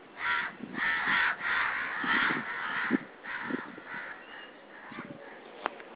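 Crow cawing, a run of harsh, grating caws repeated in quick irregular bursts, with fainter calls toward the end.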